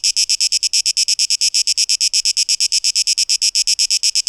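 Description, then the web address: Cicada song: distinct rasping pulses of high hiss repeating quickly and evenly. 12 August 2023. "rauschpartikel Audio 2023-08-12 Zikaden"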